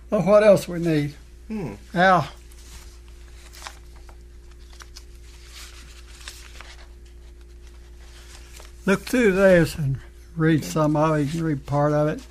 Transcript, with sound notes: Well, what else we need?
Mm-mm. (Paper shuffling sound)
Look through this and read some, or you can read part of it.